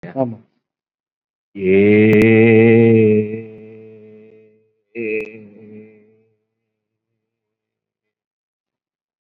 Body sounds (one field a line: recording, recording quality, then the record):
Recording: sustained vowel as in made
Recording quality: excellent, no background noise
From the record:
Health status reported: COVID-19 positive, mild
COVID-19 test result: positive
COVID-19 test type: RT-PCR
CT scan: not taken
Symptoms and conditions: breathing difficulty, fatigue, muscle pain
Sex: male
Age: 48 years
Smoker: no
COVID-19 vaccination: none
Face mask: not worn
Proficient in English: no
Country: India